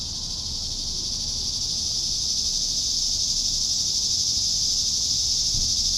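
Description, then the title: Cicadas in a loud, continuous high buzz that grows a little stronger over the first half, over light low background noise. "neoscenes: cicadas"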